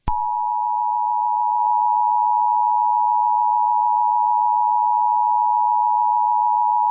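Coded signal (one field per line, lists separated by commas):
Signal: Emergency Alert System (SAME) tones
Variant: 853 and 960 Hz attention tone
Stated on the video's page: Fictional EAS scenario.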